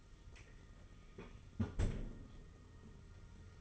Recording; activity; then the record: daily activity, microphone in the room; close fridge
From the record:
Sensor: 4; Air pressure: 991.8 hPa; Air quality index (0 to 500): 107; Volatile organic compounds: 16 ppm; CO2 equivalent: 2530 ppm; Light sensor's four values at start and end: 19/63/23/23 and 19/64/24/24